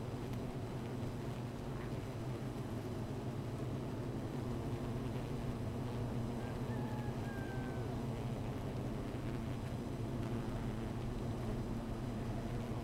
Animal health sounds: honeybee colony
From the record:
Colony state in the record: missing queen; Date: 14 July 2017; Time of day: 15:46

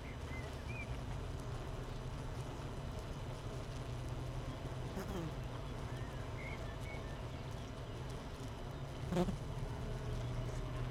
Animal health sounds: honeybee colony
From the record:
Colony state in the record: missing queen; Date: 31 May 2018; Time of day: 7:35

